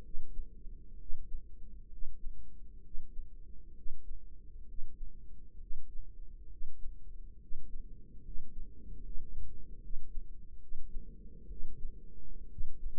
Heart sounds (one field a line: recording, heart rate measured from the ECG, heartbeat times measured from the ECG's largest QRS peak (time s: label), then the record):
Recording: heart sounds by microphone in the right ear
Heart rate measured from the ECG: 67 bpm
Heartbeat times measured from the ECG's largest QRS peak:
0.04 s: heartbeat
0.99 s: heartbeat
1.91 s: heartbeat
2.84 s: heartbeat
3.76 s: heartbeat
4.68 s: heartbeat
5.60 s: heartbeat
6.50 s: heartbeat
7.41 s: heartbeat
8.24 s: heartbeat
9.04 s: heartbeat
9.82 s: heartbeat
10.61 s: heartbeat
11.50 s: heartbeat
12.51 s: heartbeat
From the record:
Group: healthy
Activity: rest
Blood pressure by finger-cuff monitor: 140/92 mmHg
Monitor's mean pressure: 105 mmHg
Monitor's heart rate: 66 bpm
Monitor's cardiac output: 6.9 L/min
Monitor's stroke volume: 104 mL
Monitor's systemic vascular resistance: 1130 dyn s/cm5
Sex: male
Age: 30 years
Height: 188 cm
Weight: 110.2 kg